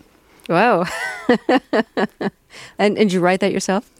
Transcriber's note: soundbite of laughter